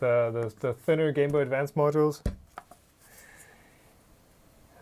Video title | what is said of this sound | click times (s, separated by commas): Was live: Assembling the Laser / CNC / 3D Printer from Snapmaker! (Snapmaker A250) | Right, but this just snaps into place there. | 2.6 s